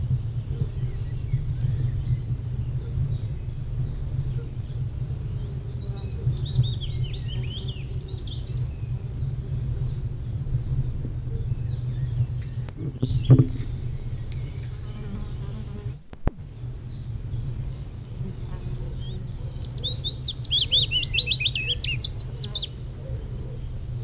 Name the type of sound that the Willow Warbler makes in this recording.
song